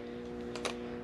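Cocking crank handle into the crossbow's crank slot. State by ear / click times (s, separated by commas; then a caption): seated / 0.6 s. A cocking crank handle is pushed into its slot on a Ten Point crossbow after the release button is pressed. Two short clicks are heard at 0.6 s and 0.7 s over a steady low hum, the second one louder. The crank pops into place and is locked in.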